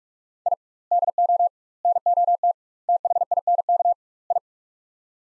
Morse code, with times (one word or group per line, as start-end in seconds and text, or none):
0.5-0.5 I
0.9-1.5 DO
1.9-2.5 NOT
2.9-3.9 THINK
4.3-4.4 I